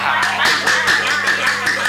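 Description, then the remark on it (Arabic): A crowd applauds steadily, a dense wash of many hands clapping with a loose, regular pulse of sharper claps running through it, loud and sustained for the whole moment. “أرجوكم لا تصفيق إلى المرحلة القادمة مرحلة بناء وعمل، وليست مرحلة تصفيق وهتاف.”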